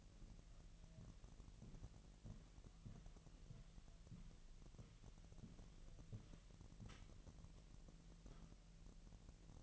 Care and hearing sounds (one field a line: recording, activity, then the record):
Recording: daily activity, microphone in the room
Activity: walk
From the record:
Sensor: 4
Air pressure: 1002.9 hPa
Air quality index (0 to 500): 249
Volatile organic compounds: 28 ppm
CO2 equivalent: 2904 ppm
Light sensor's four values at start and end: 8/18/7/7 and 8/18/7/7